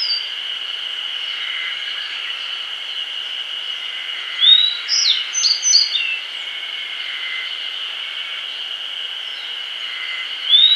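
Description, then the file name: Grey bunting sings one clear phrase midway, an upswept whistle then a tumble of short high notes, plus a lone rising note at the end, over a steady drone. "Emberiza variabilis"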